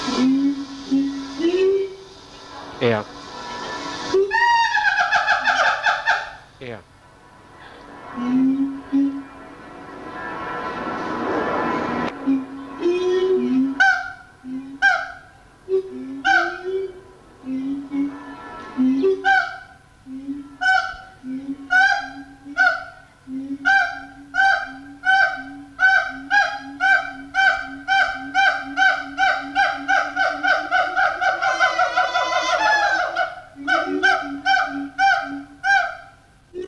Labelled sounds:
Siamang
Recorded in captivity
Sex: pair
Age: adult
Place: Zoo Berlin, Berlin, DE
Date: 1984-08-03
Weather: bedeckt, heiter, Regen, 20°C
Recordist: Tembrock, Günter
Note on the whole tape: Paar: Rufreihen, Duette, dann Laute bei Kopula, diese bis zum Schluß. Nach Ansage durch G.Tembrock ist die Aufnahme vom 10.8.84 (Unterschied zur Bandbeschriftung). In der Aufnahme sind Knackgeräusche

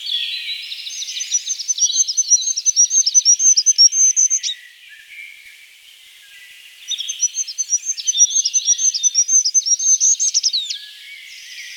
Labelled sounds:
Goldcrest song
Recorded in the wild
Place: Kandel /Schwarzwald; Waldkirch, Baden-Württemberg, DE
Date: 1984-06-30
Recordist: Schwarz, Dieter
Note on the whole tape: Song

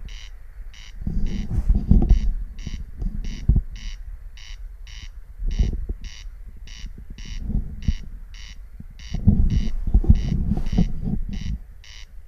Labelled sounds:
Corn Crake song
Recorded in the wild
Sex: male
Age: adult
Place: Peenemuende, Usedom, Mecklenburg-Vorpommern, DE
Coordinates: 54.1548, 13.7769
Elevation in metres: 1
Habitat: meadow
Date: 2015-06-04 23:15
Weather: clear, 7°C, almost windless
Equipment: Sound Devices 702, Sennheiser MKH 415 T, Rhode Windschutz
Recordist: Frommolt, Karl-Heinz
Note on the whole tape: Gesang eines Wachtelkönigs

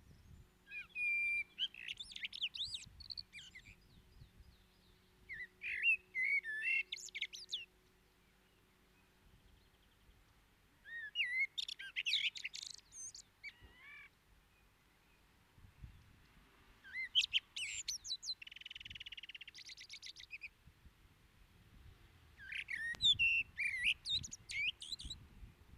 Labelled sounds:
Common Blackbird song
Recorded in the wild
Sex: male
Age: adult
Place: Garmisch-Partenkirchen, Bayern, DE
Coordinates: 47.4892, 11.1514
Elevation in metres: 936
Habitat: mountains
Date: 1973-04-28
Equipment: Nagra IV, Sennheiser MKH 405, Parabolreflektor
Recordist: Tretzel, Erwin

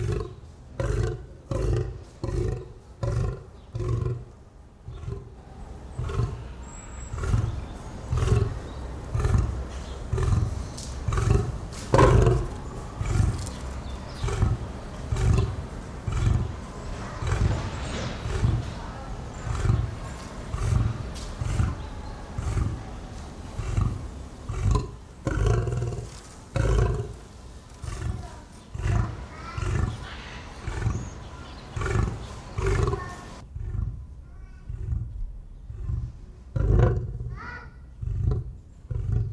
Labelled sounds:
Lion call
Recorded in captivity
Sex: male
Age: adult
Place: Zoo Leipzig, Sachsen, DE
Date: 1995-10-25 13:00
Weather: heiter 14°C
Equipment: Sony WM-D6C, Sennheiser ME 80, Kopie Uher 4000 Report Monitor
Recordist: Tembrock, Günter

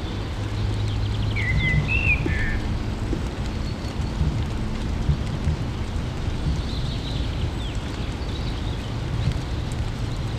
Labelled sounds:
Common Blackbird song
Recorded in the wild
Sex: male
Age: adult
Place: Garmisch-Partenkirchen, Bayern, DE
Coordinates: 47.4872, 11.1433
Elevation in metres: 879
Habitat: mountains
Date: 1969-04-13
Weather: Schneefall
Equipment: Uher 4000 Report
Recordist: Tretzel, Erwin

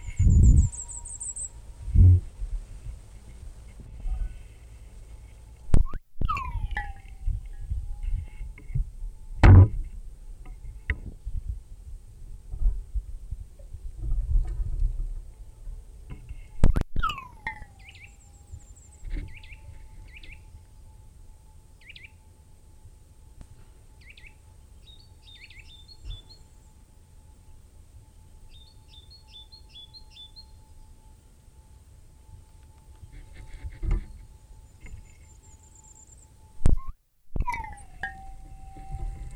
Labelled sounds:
Short-toed Treecreeper
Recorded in the wild
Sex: male
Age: adult
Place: Freiburg, Baden-Württemberg, DE
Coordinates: 47.9842, 7.87667
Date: 1960-03-23
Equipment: Vollspur
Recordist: Thielcke, Gerhard

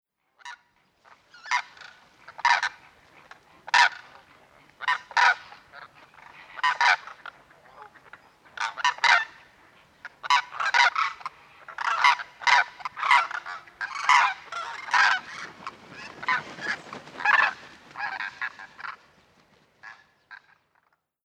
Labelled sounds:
Demoiselle Crane
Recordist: Tembrock, Günter
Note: Flugrufe

